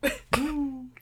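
Two quick harsh bursts from an adult, the second trailing into a short voiced hum: a brief cough.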